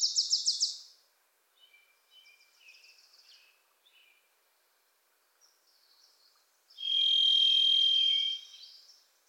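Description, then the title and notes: Varied thrush song: one long, loud, buzzy whistled note held about one and a half seconds, after a fast chattering trill from another small bird and soft twitters. Pacific Northwest forest; a Wilson's Warbler sings alongside; unmastered recording. "The Varied Thrush, Ixoreus naevius, is a wisp in the forests of the Pacific Northwest."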